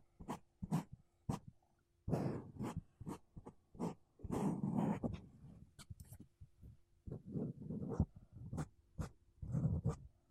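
Makeup brushes and a sponge rub against a microphone in quick, irregular strokes, each a soft scratchy swish. Longer, fuller rustles come around two seconds and again near four to five seconds. A faint steady low hum sits underneath throughout.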